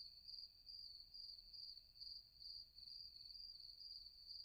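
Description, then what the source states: Shrill cricket chirps beat in short bursts about twice a second, steady and high, over a low muffled rumble. Several crickets.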